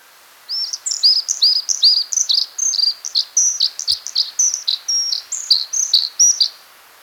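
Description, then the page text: Blue-capped redstart song: a rapid, steady run of high, thin, sweet notes jumping between pitches, continuing for about six seconds against a quiet background. "Blue-Capped Redstart Song. Quick Sounds"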